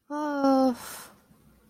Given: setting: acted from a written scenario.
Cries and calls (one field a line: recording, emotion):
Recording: vocal sound without words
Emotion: embarrassment